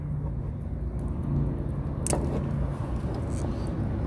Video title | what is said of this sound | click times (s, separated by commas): Nissan Frontier LED Headlight Install | use your fingers there you go you'll hear it's click when it clears it and we'll push that down | 2.1 s